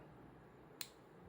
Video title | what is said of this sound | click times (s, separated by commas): 【ベイブレードバーストBU】ジフォイドエクスカリバーの攻撃力は激強!!でも問題はやはり… | When you put it back in this way, it clicks into place. | 0.8 s